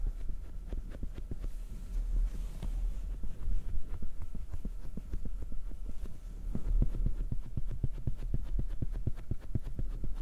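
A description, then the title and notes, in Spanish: Mouth sounds with some hand noises and honey: a dense run of short, soft wet clicks and smacks, fairly quick and uneven, across all ten seconds. A low steady hum and a muffled throbbing sit underneath, with a slightly busier burst near seven seconds. Sonidos de boca y algunos de manos y miel.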